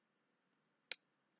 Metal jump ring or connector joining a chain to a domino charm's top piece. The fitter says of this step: did you hear that click then I know it's together okay